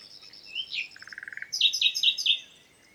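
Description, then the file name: Common nightingale singing: a high whistle, then a rapid low trill of short notes, followed by four loud, sharp repeated notes and a fading tail. "Luscinia megarhynchos"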